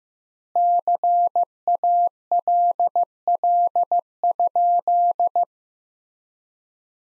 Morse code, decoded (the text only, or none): CALL?